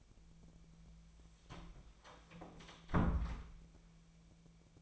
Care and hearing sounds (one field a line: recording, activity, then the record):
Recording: daily activity, microphone in the room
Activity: close door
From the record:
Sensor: 1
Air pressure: 1000.5 hPa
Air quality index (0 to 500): 184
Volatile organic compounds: 4 ppm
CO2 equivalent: 1698 ppm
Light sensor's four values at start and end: 12/29/12/14 and 12/28/12/13